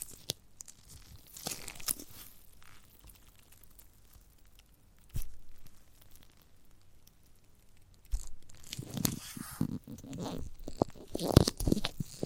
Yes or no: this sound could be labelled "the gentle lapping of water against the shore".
no